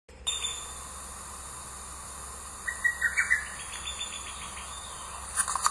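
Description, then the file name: Lesser cuckoo giving one rapid phrase of about five clipped, emphatic notes, trailed by softer higher repeats, over a steady faint background hiss. Recorded 27 June 2019. "ホトトギス 遠藤"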